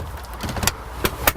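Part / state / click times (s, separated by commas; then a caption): folding rear seat into its seat latch / seated / 1.3 s. The folded rear seat of a 2004 Land Rover Freelander compact SUV is pushed up into its seat latch, producing a few sharp knocks and clacks over low background rumble. The strongest hit, at 1.3 s, is the latch engaging as the seat clicks into place.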